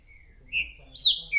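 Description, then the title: Green-winged saltator song fragment: a soft whistle, a louder whistle, then a loud high whistled note sliding down, ending on a lower clear tone. Repetitive singer delivering one song after another; recording meant to stir a listener's trinca-ferro into calling, singing and display. "TRINCA FERRO MERCENARIO"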